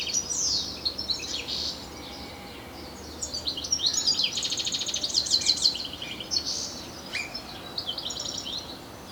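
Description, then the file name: European Goldfinch calling with rapid tinkling twitters and a dry buzzy trill in the middle, interspersed with sharp slurred chirps. "Carduelis carduelis"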